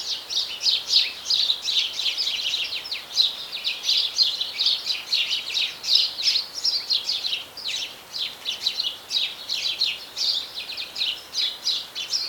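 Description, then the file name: House sparrow chorus of rapid, overlapping chirps from several birds, steady and continuous throughout. "Passer domesticus"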